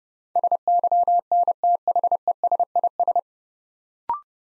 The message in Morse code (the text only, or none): SYNTHESIS